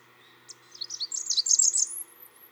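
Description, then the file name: Blackburnian warbler song: a quick run of very high, thin notes that ends in a long, faint, rising whistle reaching extremely high pitch. "song Christopher-Mc Pherson-Blackburnian-Warbler-Setophaga-fusca"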